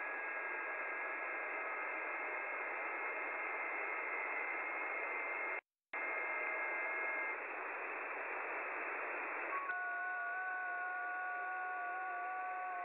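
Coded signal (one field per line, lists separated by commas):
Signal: FT8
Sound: several faint steady warbling tones over hiss, stopping and new ones starting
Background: radio static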